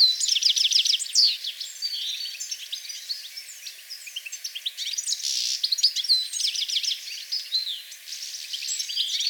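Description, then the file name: European goldfinch twitter of quick high chirps and short trilled phrases, fairly soft against a light background hiss, with stronger bursts around the fifth and ninth seconds. "Carduelis carduelis"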